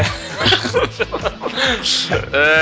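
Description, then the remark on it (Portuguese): A voice imitates a goat's bleat with quavering, wobbly cries mixed with chuckling, ending on a sustained, nasal, buzzing bleat. “Adoro quando o bode faz aquela chamadinha dele.”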